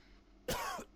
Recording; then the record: coughing mixed with background sound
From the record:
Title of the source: Coughing 51